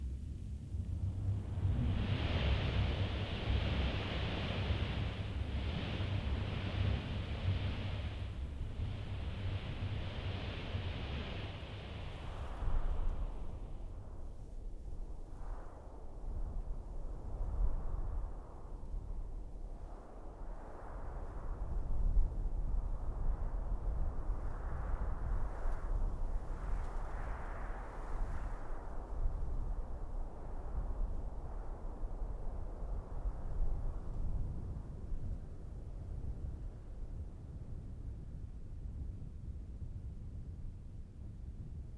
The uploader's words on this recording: Arabian Desert is a collection of stereo and quad soundscapes recorded on the Arabian Peninsula in the Empty Quarter, the largest expanse of sand dunes on Earth.